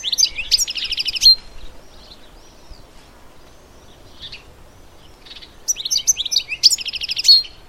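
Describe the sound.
Bird calling in two dense bursts of high chirping notes, one at the start and one at the end, with quieter scattered notes between.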